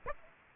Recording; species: mosquito wingbeat signal from an infrared sensor; Aedes aegypti